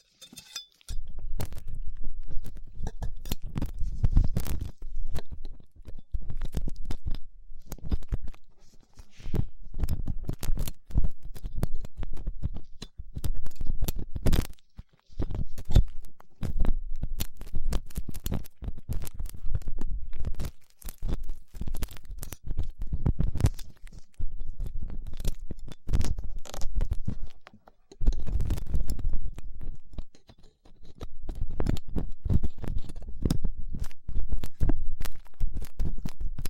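Ear cleaning with latex gloves, a dental pick and cotton swabs: dense, irregular scratching and rubbing with sharp clicks and crackles throughout. The sound comes in bursts with brief near-silent gaps, around 15 and 29 seconds. Deep rumbling thumps underlie much of it.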